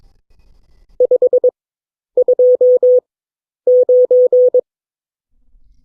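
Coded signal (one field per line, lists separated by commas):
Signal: Morse code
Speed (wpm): 22 wpm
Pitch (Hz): 500 Hz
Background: none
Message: 529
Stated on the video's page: Morse code class session of an amateur radio club.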